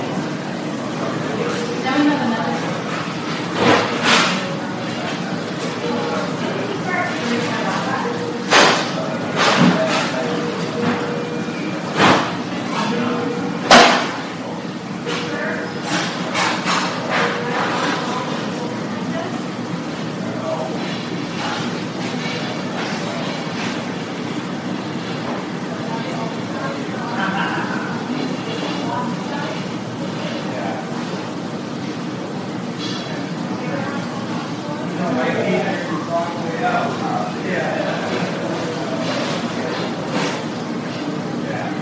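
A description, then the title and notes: A busy hospital emergency room with a steady low hum and constant murmur of voices. Sharp clicks and thumps punctuate the first fifteen seconds, especially near 4, 9 and 14 seconds, while scattered talk drifts in and out. Hospital Emergency Room.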